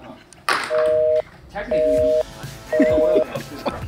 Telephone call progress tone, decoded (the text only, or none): busy tone